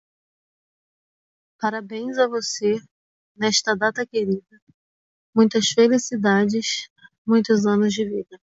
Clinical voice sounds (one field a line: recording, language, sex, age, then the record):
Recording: short text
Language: Brazilian Portuguese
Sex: female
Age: 30 to 39 years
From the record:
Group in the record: control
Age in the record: 36 years